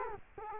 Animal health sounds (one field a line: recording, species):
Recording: mosquito wingbeat signal from an infrared sensor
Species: Culex quinquefasciatus